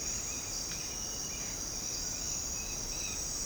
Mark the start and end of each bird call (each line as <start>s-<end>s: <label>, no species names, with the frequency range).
0.00s-3.17s: bird call (1.5-5.1 kHz)